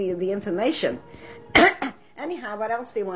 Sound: clears throat